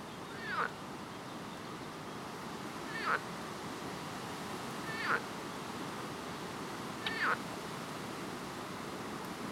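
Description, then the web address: Frog calls: four short chirping notes about two seconds apart over a steady background hiss. "Soundscape Frog 1"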